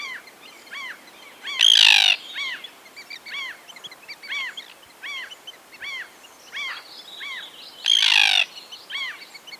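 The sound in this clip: Common tern calls: short arched notes repeated many times, broken twice by a loud, harsh, rasping scream.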